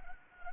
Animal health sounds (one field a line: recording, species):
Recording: mosquito wingbeat signal from an infrared sensor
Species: Anopheles arabiensis